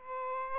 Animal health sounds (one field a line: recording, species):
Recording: mosquito wingbeat signal from an infrared sensor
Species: Aedes albopictus